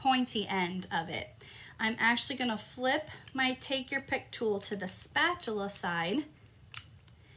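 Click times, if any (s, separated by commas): 6.8 s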